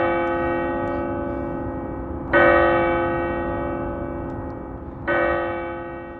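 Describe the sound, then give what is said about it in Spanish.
A deep clock-tower bell tolls in slow, evenly spaced strokes, each loud strike blooming into a long, humming resonance that fades before the next. About three strokes are heard, with no voices. “Vosotros preguntáis cómo hacer que el Big Ben dé 13 campanadas al llegar la medianoche.”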